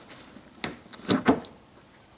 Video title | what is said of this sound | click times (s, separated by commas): Replacing the headlight bulb on Chevy HHR | pop and it comes right off just like that | 0.6 s